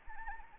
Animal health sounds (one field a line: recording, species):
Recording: mosquito wingbeat signal from an infrared sensor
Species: Anopheles arabiensis